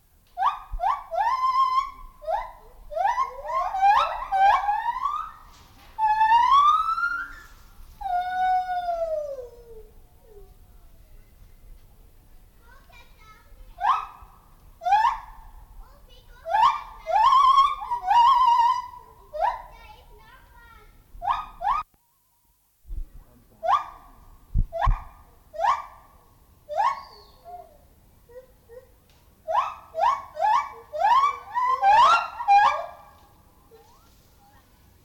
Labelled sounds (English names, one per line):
Lar Gibbon call